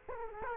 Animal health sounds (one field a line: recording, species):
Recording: mosquito wingbeat signal from an infrared sensor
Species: Culex quinquefasciatus